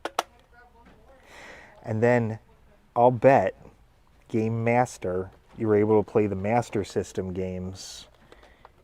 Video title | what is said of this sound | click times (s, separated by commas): Part 2: Opening a game collection from MA, USA | Look, it look, it's going to snap right into there. Look. | 0.0 s, 0.2 s